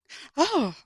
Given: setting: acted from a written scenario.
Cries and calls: vocal sound without words; fear

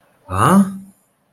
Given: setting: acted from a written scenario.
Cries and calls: vocal sound without words; amusement

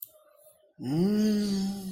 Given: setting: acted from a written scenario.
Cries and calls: vocal sound without words; contentment

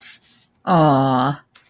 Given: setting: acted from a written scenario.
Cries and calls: vocal sound without words; sympathy

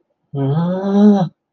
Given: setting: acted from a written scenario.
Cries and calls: vocal sound without words; fear

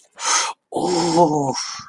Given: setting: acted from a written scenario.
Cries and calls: vocal sound without words; pain

